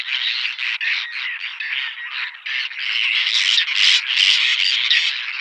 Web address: Schulze Peter Whiskered Tern